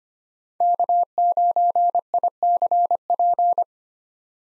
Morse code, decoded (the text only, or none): K9ICP